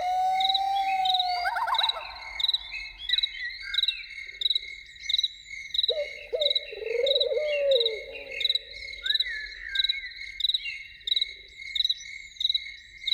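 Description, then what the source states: Loon opening with a sustained note that shifts into a quavering run, later a long wavering wail, while crickets chirp in regular pulses all through. Evening.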